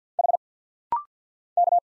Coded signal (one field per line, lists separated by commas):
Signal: Morse code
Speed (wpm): 48 wpm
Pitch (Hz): 700 Hz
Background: none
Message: H K